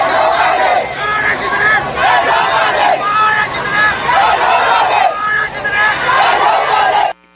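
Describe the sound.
A large protest crowd in Myanmar, protesting a military coup, shouts slogans such as "Down with dictatorship" in loud, rhythmic waves of massed voices, surging and pausing repeatedly over a constant dense roar before cutting off abruptly.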